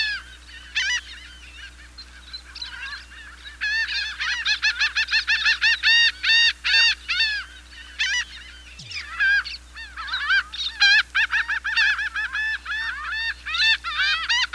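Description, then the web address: Laughing gull giving long runs of rapid, nasal laughing notes, with a brief break midway. "101 Bird Songs. Laughing Gull"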